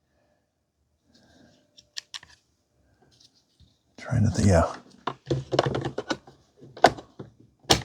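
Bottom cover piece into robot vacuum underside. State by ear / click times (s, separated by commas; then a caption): seated / 7.7 s. A plastic bottom cover piece is fitted into the underside of a Narwal Freo Pro robot vacuum, lined up one side first and then rotated down, with faint handling ticks near 2.0 s while someone talks. A sharp click at 7.7 s marks the piece seating into place, and the bottom is done.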